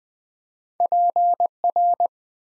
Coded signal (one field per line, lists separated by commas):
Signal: Morse code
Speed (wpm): 20 wpm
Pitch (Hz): 700 Hz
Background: none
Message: PR